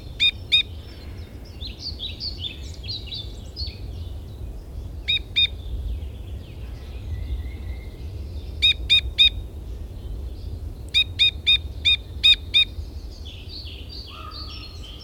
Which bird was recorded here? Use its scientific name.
Loxia leucoptera